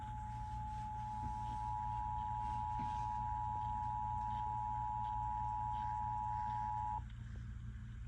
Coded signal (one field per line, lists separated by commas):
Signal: Emergency Alert System (SAME) tones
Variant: 853 and 960 Hz attention tone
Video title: EAS Severe Thunderstorm Warning EAS#275